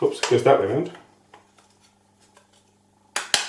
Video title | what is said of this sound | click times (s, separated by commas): Boomcopter. Basic frame assembly. | there you go clicks into place | 3.2 s, 3.3 s